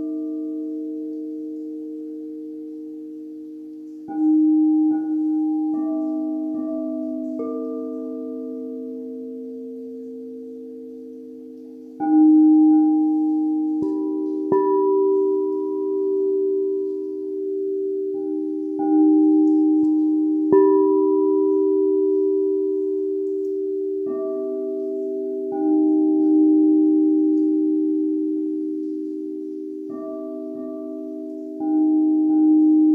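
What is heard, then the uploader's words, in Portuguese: Quartz bowls ring in long, pure, sustained tones, struck about every few seconds with soft attacks that bloom and slowly fade. Several low and middle pitches overlap into a layered, shimmering drone, with new strikes near 4, 12, 20, 24 and 32 seconds. Breve Relax com as Tigelas de Quartzo.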